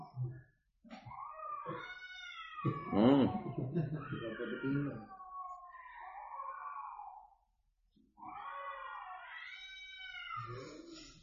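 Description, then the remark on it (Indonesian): A cat meows repeatedly, about four long, drawn-out wailing calls with rising and falling pitch, separated by short pauses. “Jadi yang di sini tuh kucing bel lagi melok nginep sini ya.”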